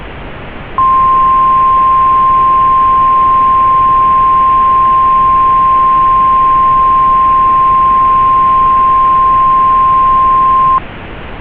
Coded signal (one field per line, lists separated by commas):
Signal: Emergency Alert System (SAME) tones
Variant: 1050 Hz attention tone